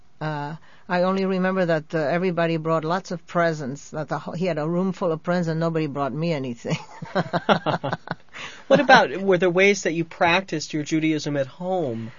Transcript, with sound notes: I only remember that everybody brought lots of presents. He had a roomful of presents, nobody brought me anything. ( they laugh )
What about, were there ways that you practiced your Judaism at home?